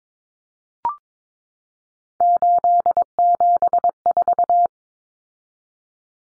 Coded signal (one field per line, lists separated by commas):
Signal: Morse code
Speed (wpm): 22 wpm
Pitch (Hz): 700 Hz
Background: none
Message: 874